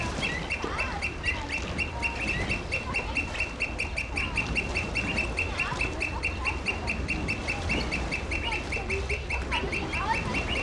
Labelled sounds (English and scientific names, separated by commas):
Black Curassow (Crax alector) call